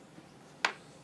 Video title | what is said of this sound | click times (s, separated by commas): (55) Squire Leopard LP10 Brass Padlock | all right there's a snap very | 0.6 s